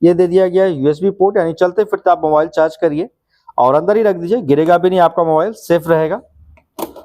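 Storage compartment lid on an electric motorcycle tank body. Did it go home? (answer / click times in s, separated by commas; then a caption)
yes / 6.8 s. Someone talks while pressing down the lid of the storage compartment on a 2024 electric motorcycle, set in the former fuel tank area and holding a USB port. A sharp click at 6.8 s marks the lid snapping shut and locking in place.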